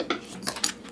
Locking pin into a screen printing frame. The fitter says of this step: when it's locked into place